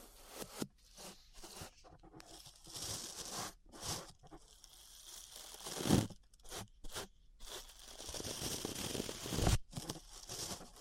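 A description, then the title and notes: Ear brushing: soft, scratchy strokes in irregular bursts, each a rough crinkly swish lasting a second or two. Brief silent gaps fall between strokes, and a sharper, louder sweep lands near six seconds. A longer run of steady scraping follows toward the end. ASMR Relaxing 3Dio Ear Brushing (No Talking).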